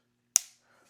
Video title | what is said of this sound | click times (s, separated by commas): The BEST PHONE CASE Got Better! - Magbak Elite Case | down here now with a nice crisp click open. | 0.4 s